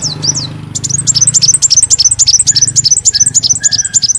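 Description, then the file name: Leafbird song: a few swooping whistles, then a rapid stream of high, bright chattering notes over a low background hum. "Tieng chim xanh tim"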